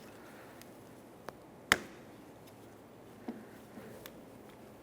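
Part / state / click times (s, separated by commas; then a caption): wiper linkage socket onto wiper transmission ball pivot / seated / 1.7 s. On a 1994–1997 Honda Accord, the socket end of the wiper linkage rod is pressed down onto the ball pivot of the wiper transmission, possibly squeezed with pliers. Faint ticks come before and after a sharp, bright snap at 1.7 s, when the socket seats on the pivot and is secured.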